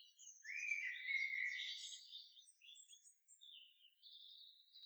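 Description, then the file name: Common blackbird singing softly: a drawn-out, slightly descending note followed by a run of high, thin twittering. "Turdus merula"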